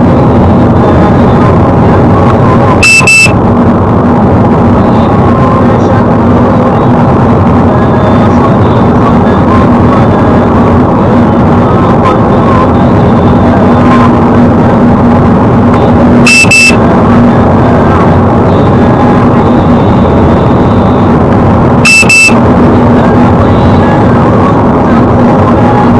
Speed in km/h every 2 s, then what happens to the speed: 116, 117, 118, 119, 119, 120, 120, 121, 120, 121, 122, 123, 123.
0-26 steady at about 120.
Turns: none.